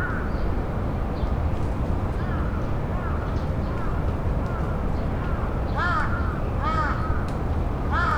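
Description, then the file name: Raven giving soft hoarse calls early, then three louder arched calls near six, seven and eight seconds, with a constant low rumble beneath. "rabe"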